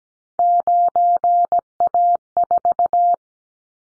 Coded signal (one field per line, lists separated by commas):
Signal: Morse code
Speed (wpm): 17 wpm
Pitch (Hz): 700 Hz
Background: none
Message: 9A4